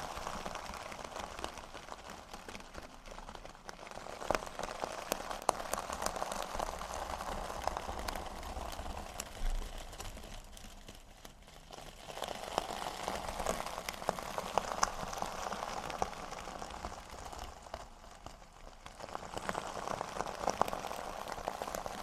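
Metal scrubbers are crunched, rolled and squeezed, making dense crinkly, scratchy rustling with a bright hiss. The sound swells and eases in waves, louder around the middle and near the end, with quieter dips between handlings and occasional sharp clicks.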